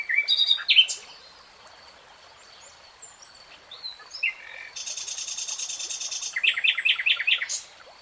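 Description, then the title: Nightingale song: varied phrases with sharp notes, a dense buzzy trill, then a rapid series of repeated notes, with faint high chirps between. Three-hour real-time recording of a nightingale singing. "[Tiếng chim hót] Nightingale Singing"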